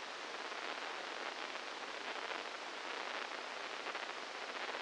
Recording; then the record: brain microelectrode recording played as sound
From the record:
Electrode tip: inside the subthalamic nucleus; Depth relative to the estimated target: -4 mm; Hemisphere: left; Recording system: NeuroSet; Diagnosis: Parkinson's disease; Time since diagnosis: 15 years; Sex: female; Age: 59 years